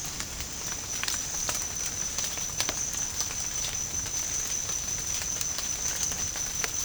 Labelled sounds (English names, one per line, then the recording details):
none
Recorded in dense forest near Puerto Asís, Putumayo, Colombia, on 29 June 2025 at 13:30
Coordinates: 0.481, -76.323
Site G072